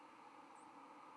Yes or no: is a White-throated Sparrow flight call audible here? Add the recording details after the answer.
no. Another species' flight call is heard. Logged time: 08:51 on 13 November 2014